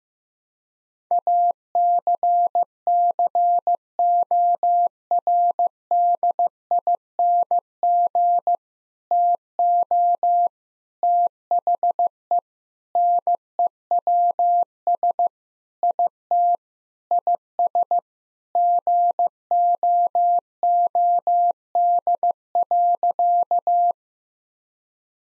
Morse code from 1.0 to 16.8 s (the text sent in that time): ACCORDING TO THE NEWS IT